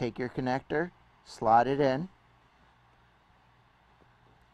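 A crimped or soldered metal pin is slid into a plastic RC connector housing but is not yet pushed home. Someone talks for the first two seconds, then only a faint low hum remains. Nothing has seated or clicked yet.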